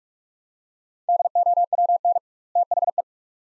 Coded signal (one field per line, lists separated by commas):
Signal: Morse code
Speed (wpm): 47 wpm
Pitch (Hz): 700 Hz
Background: none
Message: DOWN THE